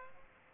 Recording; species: mosquito wingbeat signal from an infrared sensor; Aedes aegypti